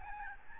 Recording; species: mosquito wingbeat signal from an infrared sensor; Aedes albopictus